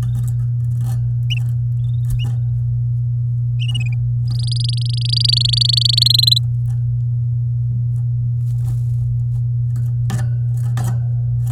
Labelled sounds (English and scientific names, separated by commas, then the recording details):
Domestic Canary (Serinus canaria) song
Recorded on 11 May 2018 at 10:02
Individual llb16